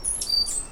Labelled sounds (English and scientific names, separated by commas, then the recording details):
Stitchbird (Notiomystis cincta) song
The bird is a male
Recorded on Tiritiri Matangi Island, New Zealand, in 2005
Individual 1, of nest box 1